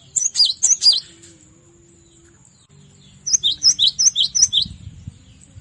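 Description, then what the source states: Cinereous tit song: a few sharp high two-part notes, a pause, then a quick series of several repeated whistled notes, with a faint steady whine. Masteran training recording used to teach songbirds.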